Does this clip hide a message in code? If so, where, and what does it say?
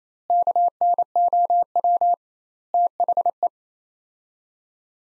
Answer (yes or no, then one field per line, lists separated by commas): yes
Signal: Morse code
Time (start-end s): 0.3-3.5 s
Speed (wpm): 28 wpm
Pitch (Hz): 700 Hz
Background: none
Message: KNOW THE